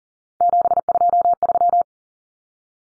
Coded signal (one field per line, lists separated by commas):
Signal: Morse code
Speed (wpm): 40 wpm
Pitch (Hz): 700 Hz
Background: none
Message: 723